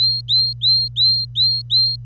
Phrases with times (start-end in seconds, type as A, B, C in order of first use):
0.00-1.96 A